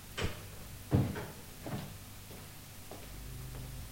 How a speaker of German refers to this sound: Oben öffnete er die Tür zu Mr. Jenkins Schlafzimmer und trat ein.